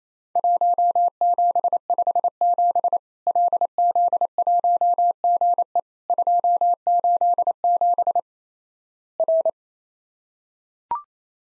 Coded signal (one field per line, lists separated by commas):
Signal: Morse code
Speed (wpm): 28 wpm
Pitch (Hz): 700 Hz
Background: none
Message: 1757 LZ1GE 287 R